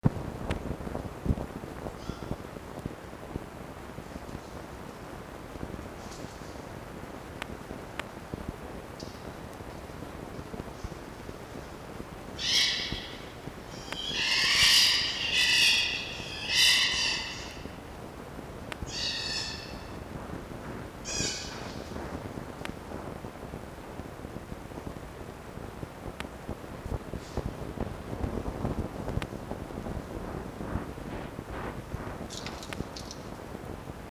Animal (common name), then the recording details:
Red Fox. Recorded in captivity. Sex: pair. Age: adult. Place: Zoologisches Institut der HUB, Berlin, DE. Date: 1954-04-21. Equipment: Elmetra. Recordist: Tembrock, Günter. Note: Jupp (mit Fleisch auf Fiffi aufreitend): Muffen (mit Fleisch); Fiffi: Kreischen (bei Fleischverstecken bzw. Defäkieren)